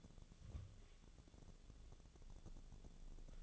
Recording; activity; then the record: daily activity, microphone in the room; take from stove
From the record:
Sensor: 4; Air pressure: 1000.8 hPa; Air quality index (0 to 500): 124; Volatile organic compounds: 1 ppm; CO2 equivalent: 934 ppm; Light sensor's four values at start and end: 44/109/46/51 and 44/109/46/51